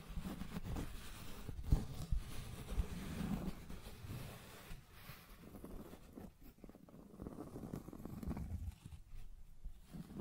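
Scratching and tracing sounds, a dense run of rough scrapes with a steady low rumble underneath. The strokes are busiest and loudest in the first few seconds, with sharp clicks near one and three seconds, then thin out into softer, patchier scratching toward the end.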